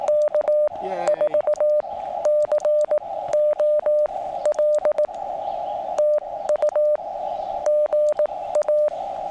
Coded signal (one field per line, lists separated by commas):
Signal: Morse code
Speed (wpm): 20 wpm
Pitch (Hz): 600 Hz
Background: radio noise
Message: K4COL TU GA